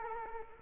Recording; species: mosquito wingbeat signal from an infrared sensor; Culex quinquefasciatus